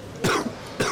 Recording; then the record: coughing mixed with background sound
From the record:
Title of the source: Coughing 46